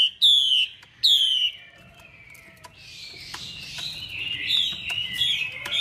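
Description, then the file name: Chinese hwamei call: two loud slurred whistles falling in pitch, followed by a long, softer, hissy warbling passage. Female hwamei calling, a sound used to stimulate or excite male birds. "Tieng chim hoa mi mai kich trong"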